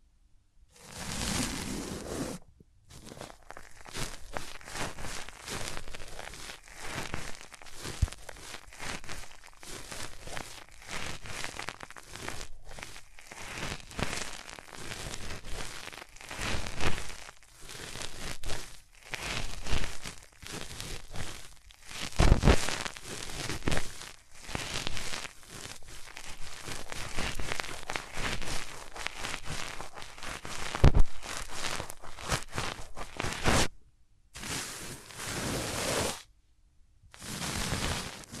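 Hands rub over ears in a steady stream of soft, crackling friction, dense and irregular, with bright rustling bursts like tearing paper or patter. The rubbing pulses in uneven strokes, broken by brief silent gaps near 3, 22, 34 and 37 seconds.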